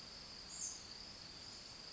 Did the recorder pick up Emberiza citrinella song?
no